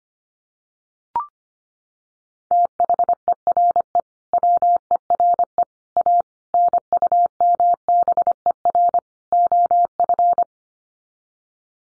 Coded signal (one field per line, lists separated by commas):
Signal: Morse code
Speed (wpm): 25 wpm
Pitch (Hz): 700 Hz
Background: none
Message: THERE WERE A NUMBER OF